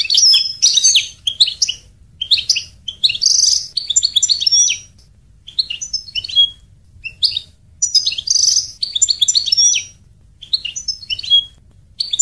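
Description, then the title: European goldfinch song: rapid liquid twitters, tinkling trills and buzzy notes in bursts of one to two and a half seconds separated by short pauses, with faint low hum underneath. "Chant Chardonneret"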